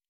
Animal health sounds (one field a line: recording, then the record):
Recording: hydrophone in a shrimp aquaculture tank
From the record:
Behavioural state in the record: normal